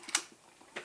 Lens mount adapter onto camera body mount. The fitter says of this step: click into place that's all it is just a little ring just the mount adapter